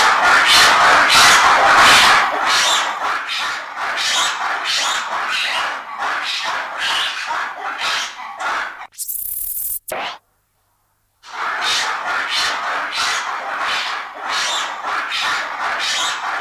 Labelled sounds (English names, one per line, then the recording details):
Red Ruffed Lemur
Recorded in captivity
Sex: group
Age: adult
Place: Tiergarten Schönbrunn, Wien, AT
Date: 1999-11-09 16:15
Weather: bedeckt, ca. 6°C
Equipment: Sony WM-D6C, Sennheiser ME 80, Kopie Uher 4000 Report Monitor
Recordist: Tembrock, Günter
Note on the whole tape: Roter Vari: diverse Laute (zum Teil agonistisch) anfangs drei Tiere, dann Gruppenrufen. Im Affenhaus